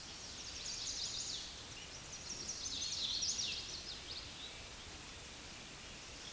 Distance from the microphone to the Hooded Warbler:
about 40 m